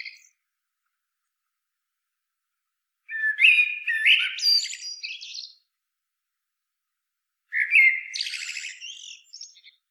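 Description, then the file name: Common blackbird: two song phrases several seconds apart, each mellow warbling whistles ending in a buzzy, high-pitched twitter; silence between. "Turdus merula"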